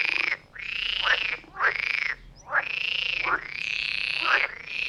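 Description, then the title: Frogs giving long, loud, harmonic croaks lasting about a second each, overlapping with sharp shorter calls in a continuous chorus. Chorus of frogs near Vellerner Brook in Neubeckum, at 2 pm; stereo recording. "Frog concert near Vellerner Brook in Neubeckum - 2pm"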